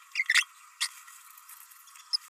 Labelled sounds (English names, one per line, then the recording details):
Green-rumped Parrotlet babbling
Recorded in a nest box in Venezuela
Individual 18B104A5